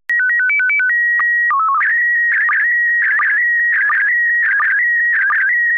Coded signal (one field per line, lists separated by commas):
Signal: SSTV (slow-scan television)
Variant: PD 90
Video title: Slow Scan Radio, September 5, 2018